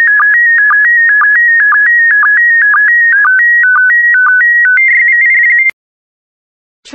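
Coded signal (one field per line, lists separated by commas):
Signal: SSTV (slow-scan television)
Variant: PD120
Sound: warbling stepped tones with a regular short low blip twice a second, then silence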